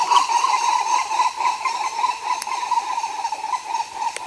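Bird giving a continuous chattering call, fast pulsed notes on one steady pitch throughout, with a couple of faint clicks in the background.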